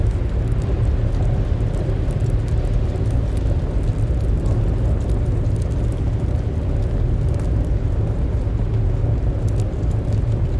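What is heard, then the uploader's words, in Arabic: A roaring fireplace fire fills the scene with a thick, steady low rumble that never lets up. Faint, sparse crackles flick through the upper range at irregular moments, while a soft, even rush sits underneath throughout. أدفأ مدفأة شتوية. نار مدفأة هادرة بينما تطرق عاصفة شتوية بلطف على النوافذ. يوفر الطقطقة المريحة والتوهج الدافئ للنار.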